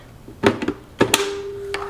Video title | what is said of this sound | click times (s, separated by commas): ZUUKOO Cold Press Juicer Unboxing and Review 2021 - Slow Masticating Extractor - Quiet Motor | so i like that it clicks into place there's a button right here that makes it so i can easily | 1.1 s